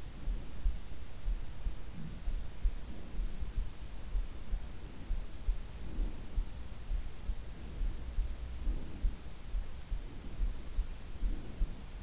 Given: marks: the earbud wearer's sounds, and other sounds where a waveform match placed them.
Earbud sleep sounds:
sounds in sleep by an in-ear microphone; breath
0.00-0.78 s: breath
1.74-3.52 s: breath
4.56-6.54 s: breath
7.19-9.27 s: breath
10.00-12.03 s: breath

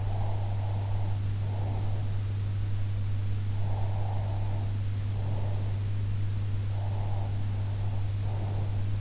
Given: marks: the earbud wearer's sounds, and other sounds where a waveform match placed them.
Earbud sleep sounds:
sounds in sleep by an in-ear microphone; breath
0.00-2.12 s: breath
3.49-5.83 s: breath
6.58-8.95 s: breath

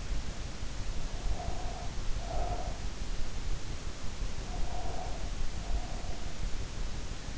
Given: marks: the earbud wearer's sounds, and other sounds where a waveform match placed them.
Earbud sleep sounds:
sounds in sleep by an in-ear microphone; breath
1.24-2.87 s: breath
4.33-6.44 s: breath

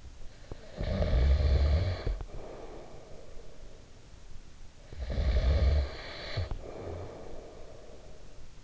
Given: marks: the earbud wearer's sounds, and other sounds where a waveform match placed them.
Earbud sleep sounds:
sounds in sleep by an in-ear microphone; snoring breath
0.18-4.01 s: snoring breath
4.70-8.64 s: snoring breath

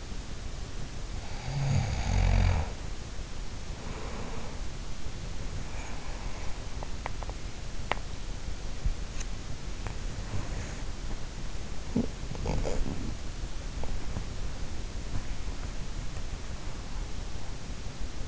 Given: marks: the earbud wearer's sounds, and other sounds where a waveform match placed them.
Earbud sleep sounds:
sounds in sleep by an in-ear microphone; snoring breath, breath, teeth grinding, body movement, talking in sleep
0.64-4.78 s: snoring breath
5.12-6.68 s: breath
6.68-8.19 s: teeth grinding
6.68-18.28 s: body movement
11.66-13.35 s: talking in sleep

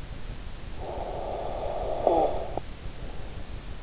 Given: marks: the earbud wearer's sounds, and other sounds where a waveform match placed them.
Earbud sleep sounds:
sounds in sleep by an in-ear microphone; snoring breath
0.60-3.33 s: snoring breath

